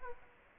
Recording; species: mosquito wingbeat signal from an infrared sensor; Aedes aegypti